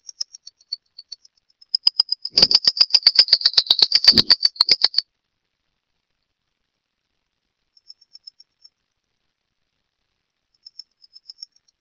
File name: Phleochryptes melanops - Junquero